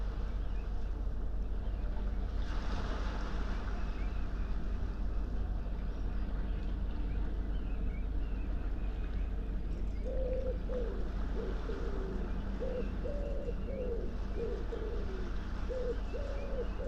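Early morning sea below Nothe Fort: a steady low wash with gentle surf, and a dove's repeated cooing from about ten seconds onward.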